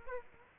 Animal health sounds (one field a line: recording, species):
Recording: mosquito wingbeat signal from an infrared sensor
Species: Aedes aegypti